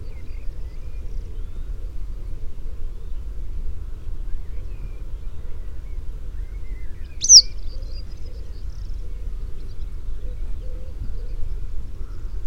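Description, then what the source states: Yellow wagtail giving a single thin, high, down-slurred call partway through, with constant low background rumble. British subspecies.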